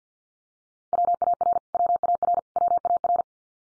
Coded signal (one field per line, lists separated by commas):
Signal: Morse code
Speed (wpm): 50 wpm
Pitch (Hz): 700 Hz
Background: none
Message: WAR WAR WAR